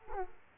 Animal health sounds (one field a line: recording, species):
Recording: mosquito wingbeat signal from an infrared sensor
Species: Aedes aegypti